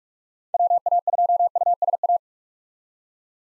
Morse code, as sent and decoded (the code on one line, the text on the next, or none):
.-- .- ..--- ..- ... .-
WA2USA